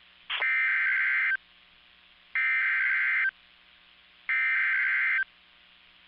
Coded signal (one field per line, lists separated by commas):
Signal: Emergency Alert System (SAME) tones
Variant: header bursts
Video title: Severe Thunderstorm Warning on WXK85, WXL48, and KTOK #13 | 5/27/21 | EAS 249-251